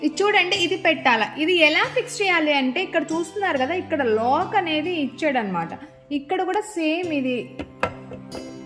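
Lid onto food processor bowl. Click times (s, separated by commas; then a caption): 7.8 s. A plastic lid is set on a Butterfly food processor bowl, lined up with the lock tab on the side and turned until it locks, with a sharp click at 7.8 s. Someone talks throughout over background music. The lid ends up locked in place on all sides.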